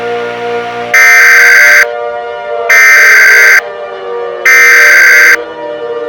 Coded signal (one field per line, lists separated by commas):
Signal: Emergency Alert System (SAME) tones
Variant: header bursts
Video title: EAS Scenario: The invasion of Kentucky (bluegrass state)